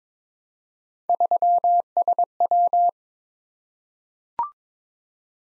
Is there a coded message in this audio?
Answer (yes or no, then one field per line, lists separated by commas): yes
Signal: Morse code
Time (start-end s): 1.1-2.9 s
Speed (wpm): 22 wpm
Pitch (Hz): 700 Hz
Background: none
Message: 3SW